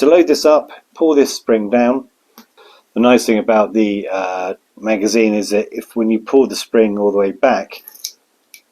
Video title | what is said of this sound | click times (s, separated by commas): KWA MAC 11A1 SMG GBB | it will lock into place | 8.0 s